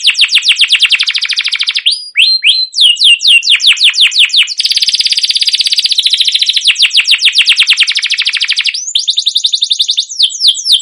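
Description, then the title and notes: Canary song, a near-continuous stream of rapid trills and fast repeated chirps, changing tempo several times. Long continuous chirping canary song, used as a lure to get young canaries singing and learning sounds. "CUIT CUIT NGEROL LANGSUNG GACOR PANJANG Kenari Ini utk Pancingan KENARI PAUD BELAJAR BUNYI. burung kenari"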